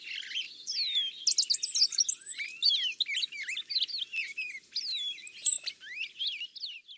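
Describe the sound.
Purple finch song: a long, rich, rapid warble of varied slurred notes rising and falling, continuing throughout without pause in a quiet background.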